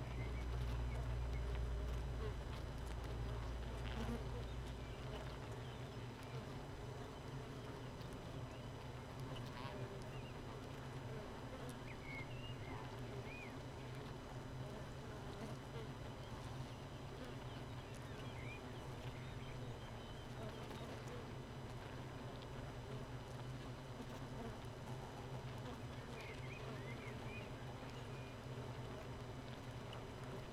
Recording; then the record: honeybee colony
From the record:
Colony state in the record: missing queen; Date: 31 May 2018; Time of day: 4:03